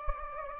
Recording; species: mosquito wingbeat signal from an infrared sensor; Anopheles gambiae